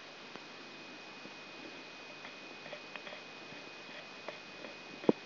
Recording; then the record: brain microelectrode recording played as sound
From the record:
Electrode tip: outside the subthalamic nucleus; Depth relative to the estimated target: -8 mm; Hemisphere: left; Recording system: AlphaMap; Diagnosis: Parkinson's disease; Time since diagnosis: 7 years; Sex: female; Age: 56 years